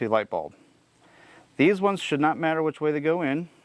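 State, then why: Not seated. A tail light bulb for a 2019 Silverado LD, handled with dielectric grease, is being readied to push into its plastic socket in the wiring harness while someone talks. Only speech is heard, with a quiet pause in the middle. Nothing has seated or clicked yet.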